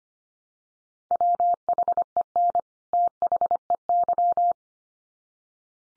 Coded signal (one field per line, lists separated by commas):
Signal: Morse code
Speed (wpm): 25 wpm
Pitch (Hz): 700 Hz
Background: none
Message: WHEN THEY